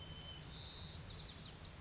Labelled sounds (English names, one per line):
White-crowned Sparrow